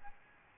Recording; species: mosquito wingbeat signal from an infrared sensor; Aedes albopictus